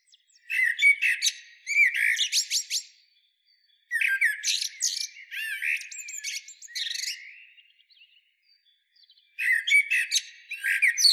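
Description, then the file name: Eurasian blackbird delivering repeated song phrases of fluty warbling notes mixed with sharp high squeaks, separated by brief silent pauses. "Turdus merula"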